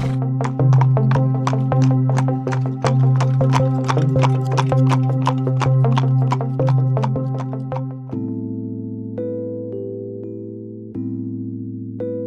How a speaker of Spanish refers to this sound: El caballo se movió y el tronco comenzó a rodar tras él.